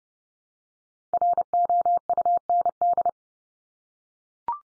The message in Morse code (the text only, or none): ROUND